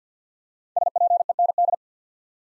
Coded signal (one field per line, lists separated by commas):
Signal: Morse code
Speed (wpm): 48 wpm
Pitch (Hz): 700 Hz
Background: none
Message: SPEND